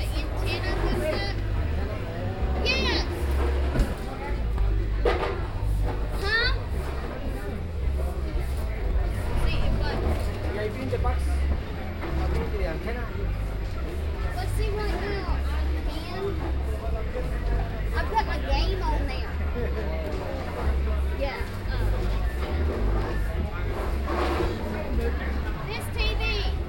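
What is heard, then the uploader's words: A crowd of voices fills the Austin Country Flea Market, with overlapping talk and chatter running steadily through the whole stretch. A constant low rumble sits underneath, like passing or idling vehicles, and occasional brighter clatters and clicks pop up every few seconds. Austin Country Flea Market.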